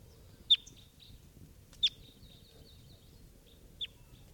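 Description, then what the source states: Crossbill calls: three sharp high chips spaced irregularly, with fainter notes between. Morning field recording at 7:11 a.m.; a wild crossbill possibly coming in to calling decoys.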